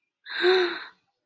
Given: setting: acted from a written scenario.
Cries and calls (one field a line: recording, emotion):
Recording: vocal sound without words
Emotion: elation